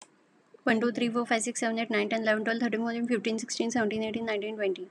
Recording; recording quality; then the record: counting at a fast pace; excellent, no background noise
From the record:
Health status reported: healthy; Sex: female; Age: 40 years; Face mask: not worn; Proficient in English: yes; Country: India